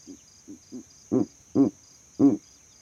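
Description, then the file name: Owl hooting, three soft short notes followed by three louder, fuller hoots, with a constant high hiss behind. Owl calls at night. "Calming Owl Calls at Night"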